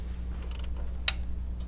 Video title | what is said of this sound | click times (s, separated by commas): How to change Toyota valve stem oil-seals - 1ZZ-FE - Part 2 - Oil Burning🔥Experiments - Episode 10 | i heard a click i guess it | 1.1 s